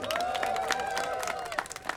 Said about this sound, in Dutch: Heel erg bedankt. Hartstikke bedankt. Geef iedereen nog een heel erg groot applaus.